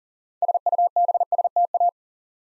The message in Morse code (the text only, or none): SUBSTA